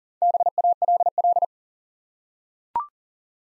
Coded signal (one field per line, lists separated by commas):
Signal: Morse code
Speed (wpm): 41 wpm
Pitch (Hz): 700 Hz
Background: none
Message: BALL